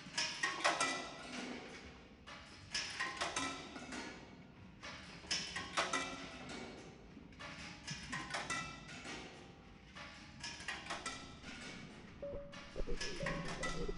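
Tins, bottles and boxes are shaken and tumbled, their loose seeds, balls and small objects rattling in bursts of bright, dense clatter. The bursts come in uneven waves every second or two, with brief quieter gaps, and a low rumble running underneath.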